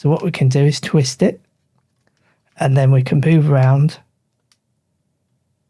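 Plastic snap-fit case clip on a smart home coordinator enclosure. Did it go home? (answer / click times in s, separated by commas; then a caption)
released / 4.5 s. Someone talks while a tool inserted into the release slot of the plastic hub case of an SMLight SLZB-Ultima3 smart home coordinator is twisted and moved around to lever its snap-fit clip open, with faint ticks near 1.8, 2.1 and 2.2 s. The clip releases gradually and clicks open with a short sharp click at 4.5 s, leaving the case released.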